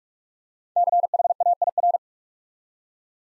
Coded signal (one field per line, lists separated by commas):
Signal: Morse code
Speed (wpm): 44 wpm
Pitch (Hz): 700 Hz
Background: none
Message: CHAIR